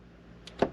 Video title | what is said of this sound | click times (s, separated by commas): JcrOffroad Overhead MOLLE Panel Modification for Late 2021 Jeep Wrangler | and they still latch you can hear it | 0.5 s, 0.6 s